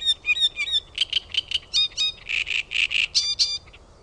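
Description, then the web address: Great reed warbler delivering a continuous, strident song of repeated grating notes and metallic chirps, each note type doubled or tripled in a croaky rhythm. "OMAT AANITYKSET RASTASKERTTUNEN"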